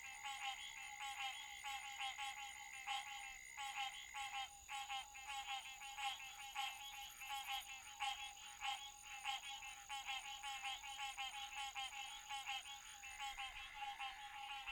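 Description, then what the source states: Frogs calling in a dense chorus of rapid, overlapping clicky croaks, over a constant high tone. Recorded on 28 June 2009 at 9:04 PM.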